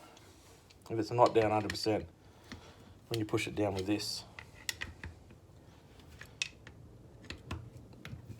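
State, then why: Seated. A metal circlip and fork seal are pushed down into a motorcycle fork leg while someone talks. A series of small clicks and taps follows, and at 6.4 s the circlip clicks into its groove, seating the seal.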